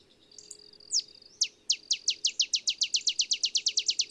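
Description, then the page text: Olive sparrow singing an accelerating series of sharp, high, down-slurred chips, starting spaced and quickening into a rapid rattle over about three seconds. Male singing in early morning in Texas, about 50 miles north of the Mexican border; simple songs recall a field sparrow's bouncing-ball song, less mellow and melancholy. "Birdsong for the Curious Naturalist. Olive sparrow"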